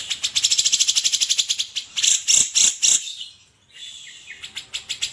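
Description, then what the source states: Grey-cheeked Bulbul song: rapid high chattering notes, then several loud harsh strokes, a short hush and renewed chirps. Masteran training song of cucak jenggot.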